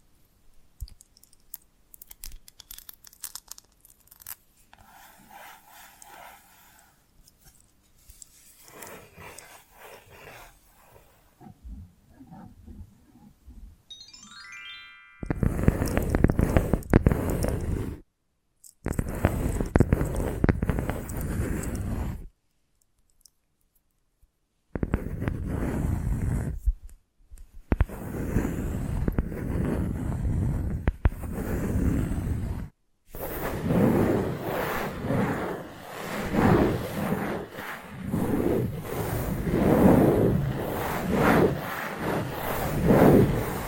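Faint tapping and scratching for fifteen seconds, then louder, dense scratching and tracing in bursts broken by short silences, growing fuller near the end.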